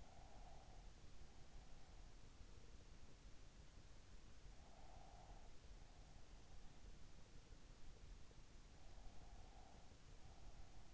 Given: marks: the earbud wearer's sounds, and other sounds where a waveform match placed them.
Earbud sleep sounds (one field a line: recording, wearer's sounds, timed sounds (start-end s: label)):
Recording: sounds in sleep by an in-ear microphone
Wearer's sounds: breath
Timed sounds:
0.00-2.04 s: breath
4.62-5.69 s: breath
8.91-10.94 s: breath